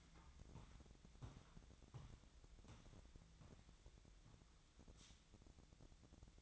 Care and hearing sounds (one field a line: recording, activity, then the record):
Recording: daily activity, microphone in the room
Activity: walk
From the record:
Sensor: 3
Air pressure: 1012.2 hPa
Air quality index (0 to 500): 185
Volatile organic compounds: 3 ppm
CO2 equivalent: 1417 ppm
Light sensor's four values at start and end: 49/130/56/59 and 50/134/58/60